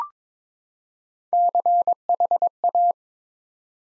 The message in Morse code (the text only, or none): CHA